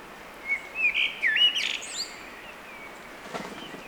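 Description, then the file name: Eurasian blackbird song: a short run of mellow, slurred whistled notes in the first two seconds, then quiet with faint background hiss. "Turdus merula"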